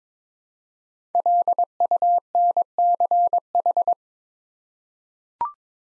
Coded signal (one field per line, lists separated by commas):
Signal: Morse code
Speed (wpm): 22 wpm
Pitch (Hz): 700 Hz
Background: none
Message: LUNCH